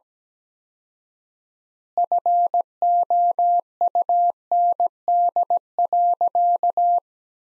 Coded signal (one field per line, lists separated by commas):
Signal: Morse code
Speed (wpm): 17 wpm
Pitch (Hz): 700 Hz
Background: none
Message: FOUND.